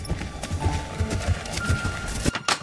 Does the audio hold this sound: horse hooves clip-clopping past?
yes